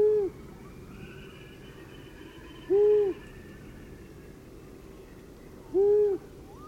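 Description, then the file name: Long-eared owl giving three soft, low, slightly arched hoots, each under half a second, spaced about three seconds apart over a quiet, faintly hissing background. "Gufo Comune"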